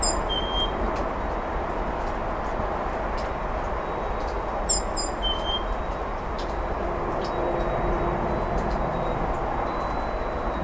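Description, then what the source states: Great tit song: a high note falling to a lower whistled note, given twice several seconds apart, quiet against a steady broad rumbling background. Recorded last Friday in a home yard in spring; the bird delivers its spring song rather cautiously, perhaps lazily.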